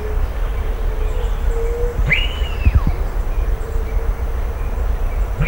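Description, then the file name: Bird call: an arched whistle that rises sharply, holds, then slides down, heard midway, with another just beginning at the end, over a steady low rumble and a faint humming tone. "SABIOD 50 bird 2015"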